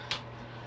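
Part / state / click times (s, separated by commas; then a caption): wiping head onto toilet aid wand handle / seated / 0.1 s. A replaceable head or attachment is fitted onto the handle of a plastic toilet-wiping aid wand and snaps into place. A single sharp, bright click sounds at 0.1 s over a steady low hum. The head is seated.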